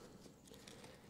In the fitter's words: just one or two maybe three clicks so